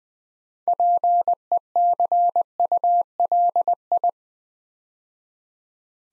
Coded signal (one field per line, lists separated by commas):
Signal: Morse code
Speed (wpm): 20 wpm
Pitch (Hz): 700 Hz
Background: none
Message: PECULI